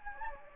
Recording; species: mosquito wingbeat signal from an infrared sensor; Anopheles gambiae